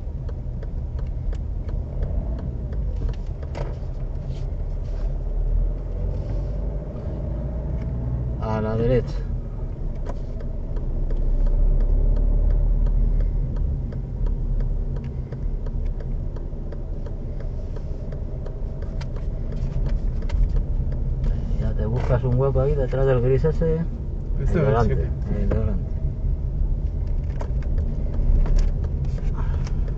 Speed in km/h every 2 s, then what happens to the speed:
11, 9, 9, 16, 14, 17, 19, 15, 14, 15, 18, 16, 15, 14, 16.
4-6 speeds up to 16. 6-30 steady at about 15.